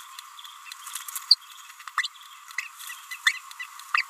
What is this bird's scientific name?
Forpus passerinus